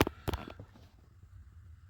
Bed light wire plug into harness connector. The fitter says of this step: just snaps right in to the blue connector.